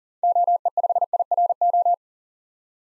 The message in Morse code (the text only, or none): OE5IRO